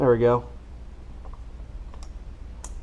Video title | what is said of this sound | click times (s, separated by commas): How to replace GM 3800 V6 intake manifold gaskets -Part 4 | it clips on makes a nice click noise it's nice and solid | 2.6 s